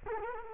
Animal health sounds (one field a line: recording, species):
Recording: mosquito wingbeat signal from an infrared sensor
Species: Culex quinquefasciatus